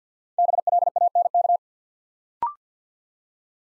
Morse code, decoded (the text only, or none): BLANK